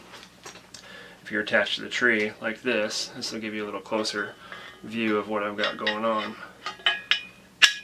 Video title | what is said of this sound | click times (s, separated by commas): DIY Wild Edge saddle platform | then it just locks in place | 6.9 s, 7.1 s